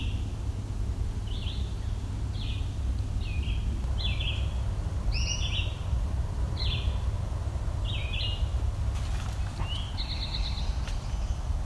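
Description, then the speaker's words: Blue jay giving odd, short, squeaky notes, repeated several times at uneven intervals, over a steady low rumble. An unusual, weird call, which blue jays sometimes make; in old-growth forest with a spicebush understory. "That's a blue jay making a weird call. It's making a bit of a weird call, but they do that."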